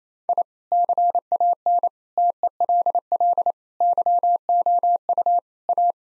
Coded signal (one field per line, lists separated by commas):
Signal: Morse code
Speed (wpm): 28 wpm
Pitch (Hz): 700 Hz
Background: none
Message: I CAN TELL YOU A